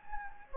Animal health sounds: mosquito wingbeat signal from an infrared sensor; Anopheles gambiae

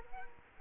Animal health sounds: mosquito wingbeat signal from an infrared sensor; Culex quinquefasciatus

